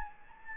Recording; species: mosquito wingbeat signal from an infrared sensor; Anopheles gambiae